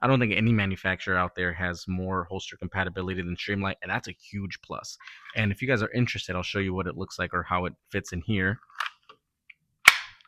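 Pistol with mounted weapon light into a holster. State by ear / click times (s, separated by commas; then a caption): seated / 9.9 s. Someone talks, then a pistol with a compact Olight PLX weapon light mounted is pushed into its fitted holster, with a few small sounds around 8.8–9.5 s. A loud, sharp retention click sounds at 9.9 s as the pistol seats, giving a clearly audible click and good retention.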